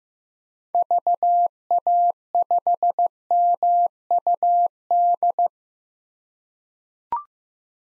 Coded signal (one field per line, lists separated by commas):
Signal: Morse code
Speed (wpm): 16 wpm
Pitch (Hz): 700 Hz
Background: none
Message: VA5MUD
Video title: 2023 POTA Activator Call Signs - 15wpm